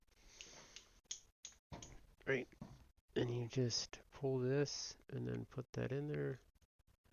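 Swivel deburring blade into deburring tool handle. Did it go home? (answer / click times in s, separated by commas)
no / none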